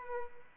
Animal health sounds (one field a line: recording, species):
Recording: mosquito wingbeat signal from an infrared sensor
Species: Aedes albopictus